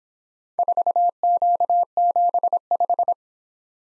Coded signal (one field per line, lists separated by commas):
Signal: Morse code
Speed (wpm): 26 wpm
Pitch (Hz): 700 Hz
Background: none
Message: 4Q75